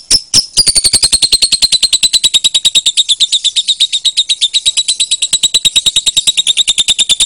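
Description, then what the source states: Lovebird song: a couple of sharp opening notes, then a long, fast, shrill trill of closely packed chirps that continues steadily. Lovebird referred to as Putri Mentaya.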